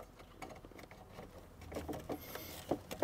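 The male plug of an aftermarket add-on wiring harness for a wireless CarPlay and Android Auto install is handled against the plastic connector socket on the back of the factory radio in a 2013-2018 Lexus ES. Soft rustling and faint ticking build up, with two brief, sharper handling taps near 2.7 and 3.0 seconds. Nothing has seated or clicked yet.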